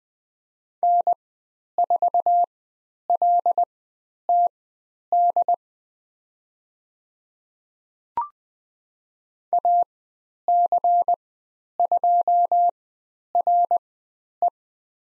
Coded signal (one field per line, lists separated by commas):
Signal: Morse code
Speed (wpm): 20 wpm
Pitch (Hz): 700 Hz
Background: none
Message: N4LTD AC2RE